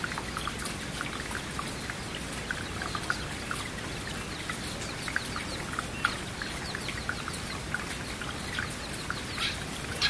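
Rain falls steadily throughout, a dense, even patter of countless drops with a low rushing wash underneath. Brighter individual drop hits pop out irregularly, several times a second, with a few sharper taps near the six and ten second marks.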